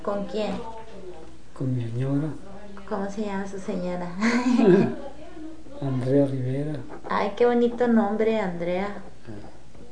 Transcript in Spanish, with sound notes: ¿Con quién?
Con mi señora.
¿Cómo se llama su señora? (risas)
Andrea Rivera.
¡Ay, qué bonito nombre! Andrea.
Ey.